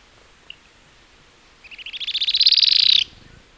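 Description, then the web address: Streak-backed canastero delivering a rapid trill lasting over a second that starts soft, swells louder and rises slightly before stopping abruptly. Recorded in Ecuador. "Birds of Ecuador 2. Streak-Backed Canastero"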